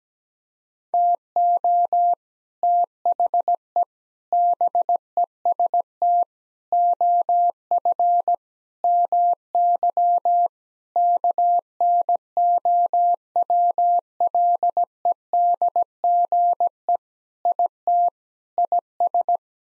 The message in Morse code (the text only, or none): TO THE BEST OF MY KNOWLEDGE IT IS